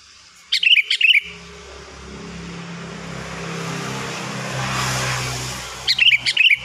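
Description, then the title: Sooty-headed bulbul singing a quick bubbly whistled phrase at the start and again at the end, a passing vehicle swelling loudly between them. "Kutilang"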